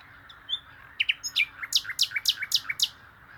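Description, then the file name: Common nightingale song: soft opening whistles followed by a rapid series of loud, sharp, downslurred notes repeated about four times per second. "Luscinia megarhynchos"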